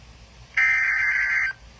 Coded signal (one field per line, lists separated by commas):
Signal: Emergency Alert System (SAME) tones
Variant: header bursts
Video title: (Improved Footage) EAS Alerts #49 & 50 Double Header #2 (Tornado Warnings #5 & 6) 7/31/18